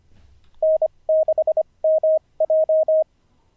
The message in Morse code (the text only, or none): N6MJ